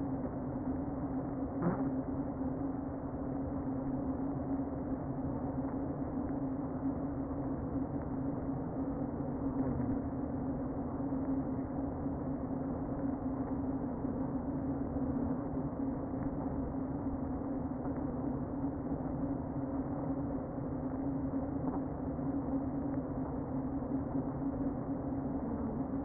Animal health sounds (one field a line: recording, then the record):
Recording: honeybee colony, microphone inside the hive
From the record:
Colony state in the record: queen present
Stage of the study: before two queens were removed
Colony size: about 60,000 bees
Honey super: yes